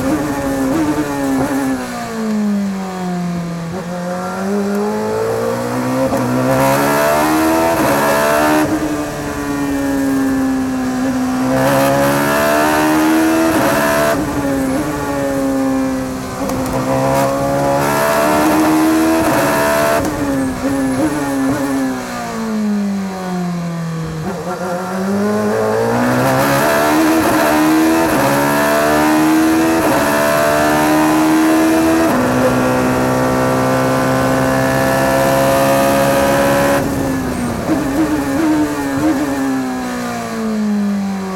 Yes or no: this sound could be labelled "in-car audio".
yes